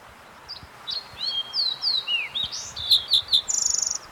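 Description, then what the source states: Fox Sparrow song: a varied run of clear whistled slurs and rising and falling notes, ending in a fast trill, over faint steady background hiss. Singing in the background during a numbered count.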